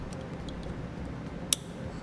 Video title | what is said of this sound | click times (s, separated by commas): etrailer - Trailer Wiring Harness Installation - 2016 Subaru Forester | When you plug it in, you want to make sure you hear that snap so that you know it's locked into place. | 1.5 s